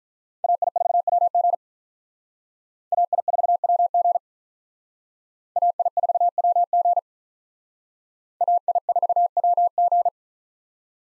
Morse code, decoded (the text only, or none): AI4WG AI4WG AI4WG AI4WG